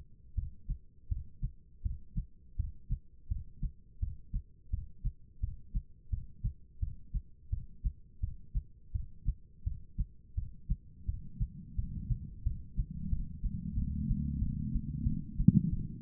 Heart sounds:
heart sounds by stethoscope; 86 bpm
0.35 s: heartbeat
1.08 s: heartbeat
1.83 s: heartbeat
2.56 s: heartbeat
3.28 s: heartbeat
4.00 s: heartbeat
4.70 s: heartbeat
5.40 s: heartbeat
6.10 s: heartbeat
6.80 s: heartbeat
7.50 s: heartbeat
8.20 s: heartbeat
8.92 s: heartbeat
9.64 s: heartbeat
10.35 s: heartbeat
11.06 s: heartbeat
11.76 s: heartbeat
12.43 s: heartbeat
13.09 s: heartbeat
13.75 s: heartbeat
14.39 s: heartbeat
15.04 s: heartbeat
15.70 s: heartbeat
From the record:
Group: healthy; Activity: Valsalva maneuver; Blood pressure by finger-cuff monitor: 162/114 mmHg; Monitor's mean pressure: 132 mmHg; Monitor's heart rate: 85 bpm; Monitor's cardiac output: 4.6 L/min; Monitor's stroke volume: 55 mL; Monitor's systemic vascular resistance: 2110 dyn s/cm5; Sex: female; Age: 51 years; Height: 162 cm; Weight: 70.04 kg

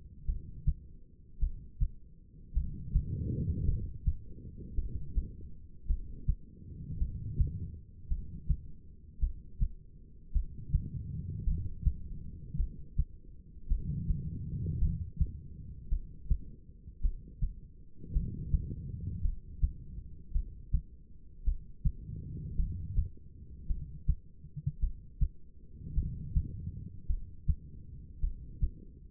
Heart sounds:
heart sounds by stethoscope; 54 bpm
0.25 s: heartbeat
1.39 s: heartbeat
2.53 s: heartbeat
3.65 s: heartbeat
4.75 s: heartbeat
5.86 s: heartbeat
6.98 s: heartbeat
8.08 s: heartbeat
9.19 s: heartbeat
10.32 s: heartbeat
11.44 s: heartbeat
12.56 s: heartbeat
13.67 s: heartbeat
14.78 s: heartbeat
15.88 s: heartbeat
17.01 s: heartbeat
18.12 s: heartbeat
19.21 s: heartbeat
20.32 s: heartbeat
21.44 s: heartbeat
22.56 s: heartbeat
23.67 s: heartbeat
24.79 s: heartbeat
25.94 s: heartbeat
27.06 s: heartbeat
28.20 s: heartbeat
From the record:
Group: heart failure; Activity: rest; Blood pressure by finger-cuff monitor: 77/53 mmHg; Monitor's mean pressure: 62 mmHg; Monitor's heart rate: 54 bpm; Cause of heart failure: non-ischemic cardiomyopathy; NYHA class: 1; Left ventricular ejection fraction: 52%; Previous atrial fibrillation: present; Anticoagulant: apixaban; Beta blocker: bisoprolol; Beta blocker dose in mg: 10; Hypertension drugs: sacubitril-valsartan, spironolactone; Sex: female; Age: 68 years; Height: 169 cm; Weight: 71 kg

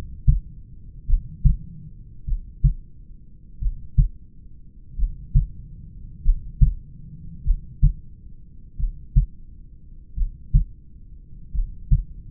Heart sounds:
heart sounds by stethoscope; 46 bpm
1.11 s: heartbeat
2.30 s: heartbeat
3.64 s: heartbeat
5.01 s: heartbeat
6.28 s: heartbeat
7.48 s: heartbeat
8.82 s: heartbeat
10.20 s: heartbeat
11.57 s: heartbeat
From the record:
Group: heart failure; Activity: rest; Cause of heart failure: familial cardiomyopathy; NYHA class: 1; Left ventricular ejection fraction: 49%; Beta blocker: bisoprolol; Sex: male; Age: 31 years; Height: 194 cm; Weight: 96 kg

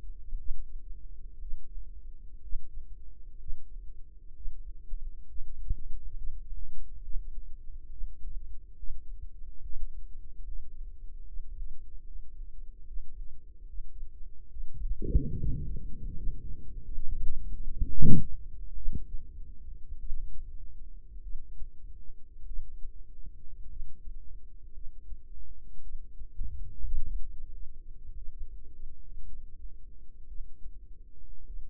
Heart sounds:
heart sounds by microphone in the right ear; 62 bpm
0.35 s: heartbeat
1.37 s: heartbeat
2.39 s: heartbeat
3.36 s: heartbeat
4.31 s: heartbeat
5.24 s: heartbeat
6.13 s: heartbeat
7.00 s: heartbeat
7.87 s: heartbeat
8.74 s: heartbeat
9.60 s: heartbeat
10.42 s: heartbeat
11.23 s: heartbeat
12.02 s: heartbeat
12.83 s: heartbeat
13.64 s: heartbeat
14.47 s: heartbeat
15.34 s: heartbeat
16.14 s: heartbeat
16.84 s: heartbeat
17.53 s: heartbeat
18.76 s: heartbeat
19.99 s: heartbeat
21.22 s: heartbeat
22.45 s: heartbeat
23.68 s: heartbeat
24.73 s: heartbeat
25.82 s: heartbeat
27.01 s: heartbeat
28.15 s: heartbeat
29.25 s: heartbeat
30.26 s: heartbeat
31.45 s: heartbeat
From the record:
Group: healthy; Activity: Valsalva maneuver 0-17 s, rest 17-32 s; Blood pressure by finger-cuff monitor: 100/65 mmHg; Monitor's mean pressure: 74 mmHg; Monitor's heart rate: 59 bpm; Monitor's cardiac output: 4.6 L/min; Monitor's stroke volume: 69 mL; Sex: female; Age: 36 years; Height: 163 cm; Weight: 88 kg

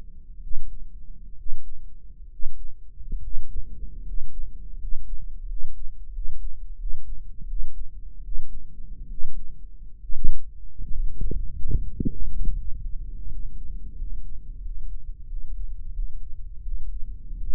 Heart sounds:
heart sounds by microphone in the right ear; 78 bpm
0.41 s: heartbeat
1.36 s: heartbeat
2.29 s: heartbeat
3.20 s: heartbeat
4.03 s: heartbeat
4.77 s: heartbeat
5.46 s: heartbeat
6.11 s: heartbeat
6.77 s: heartbeat
7.46 s: heartbeat
8.22 s: heartbeat
9.08 s: heartbeat
9.99 s: heartbeat
10.89 s: heartbeat
11.73 s: heartbeat
12.53 s: heartbeat
13.26 s: heartbeat
13.94 s: heartbeat
14.60 s: heartbeat
15.25 s: heartbeat
15.91 s: heartbeat
16.61 s: heartbeat
17.36 s: heartbeat
From the record:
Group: healthy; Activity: rest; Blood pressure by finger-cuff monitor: 111/75 mmHg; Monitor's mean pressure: 84 mmHg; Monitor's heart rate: 74 bpm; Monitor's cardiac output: 6.5 L/min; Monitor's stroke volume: 89 mL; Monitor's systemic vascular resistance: 940 dyn s/cm5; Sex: male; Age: 23 years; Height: 178 cm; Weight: 96.6 kg

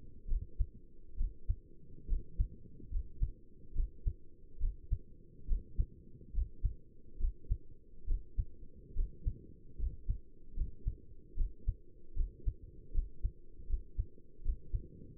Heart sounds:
heart sounds by stethoscope; 72 bpm
0.29 s: heartbeat
1.18 s: heartbeat
2.09 s: heartbeat
2.92 s: heartbeat
3.76 s: heartbeat
4.61 s: heartbeat
5.48 s: heartbeat
6.34 s: heartbeat
7.20 s: heartbeat
8.08 s: heartbeat
8.96 s: heartbeat
9.79 s: heartbeat
10.56 s: heartbeat
11.37 s: heartbeat
12.16 s: heartbeat
12.94 s: heartbeat
13.69 s: heartbeat
14.45 s: heartbeat
From the record:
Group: healthy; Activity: rest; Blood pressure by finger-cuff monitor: 84/57 mmHg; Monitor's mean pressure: 66 mmHg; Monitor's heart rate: 71 bpm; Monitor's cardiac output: 6.2 L/min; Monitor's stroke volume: 89 mL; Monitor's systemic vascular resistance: 770 dyn s/cm5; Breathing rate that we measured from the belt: 16 breaths a minute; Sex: male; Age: 22 years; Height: 181 cm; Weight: 79 kg

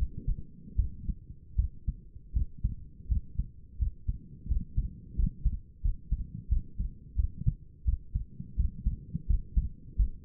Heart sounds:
heart sounds by stethoscope; 85 bpm
0.76 s: heartbeat
1.56 s: heartbeat
2.33 s: heartbeat
3.08 s: heartbeat
3.79 s: heartbeat
4.48 s: heartbeat
5.16 s: heartbeat
5.82 s: heartbeat
6.49 s: heartbeat
7.16 s: heartbeat
7.85 s: heartbeat
8.56 s: heartbeat
9.27 s: heartbeat
9.96 s: heartbeat
From the record:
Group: healthy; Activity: cold pressor test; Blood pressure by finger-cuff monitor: 134/89 mmHg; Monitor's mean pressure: 100 mmHg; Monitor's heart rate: 84 bpm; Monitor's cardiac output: 5.8 L/min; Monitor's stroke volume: 75 mL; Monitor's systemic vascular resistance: 1340 dyn s/cm5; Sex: female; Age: 37 years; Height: 168 cm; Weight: 70 kg

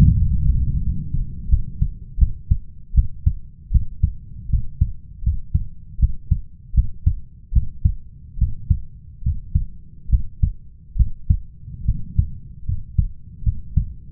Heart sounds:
heart sounds by stethoscope; 77 bpm
0.16 s: heartbeat
0.82 s: heartbeat
1.49 s: heartbeat
2.18 s: heartbeat
2.94 s: heartbeat
3.71 s: heartbeat
4.50 s: heartbeat
5.23 s: heartbeat
5.99 s: heartbeat
6.74 s: heartbeat
7.52 s: heartbeat
8.38 s: heartbeat
9.23 s: heartbeat
10.09 s: heartbeat
10.96 s: heartbeat
11.85 s: heartbeat
12.65 s: heartbeat
13.43 s: heartbeat
From the record:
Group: healthy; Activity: rest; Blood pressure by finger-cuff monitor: 120/81 mmHg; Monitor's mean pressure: 88 mmHg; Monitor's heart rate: 80 bpm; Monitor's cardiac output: 5.9 L/min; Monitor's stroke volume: 74 mL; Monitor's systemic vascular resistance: 1090 dyn s/cm5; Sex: male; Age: 21 years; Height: 170 cm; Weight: 71 kg

